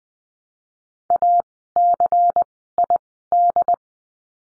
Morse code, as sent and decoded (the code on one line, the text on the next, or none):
.- -.-. .. -..
ACID